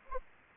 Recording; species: mosquito wingbeat signal from an infrared sensor; Anopheles arabiensis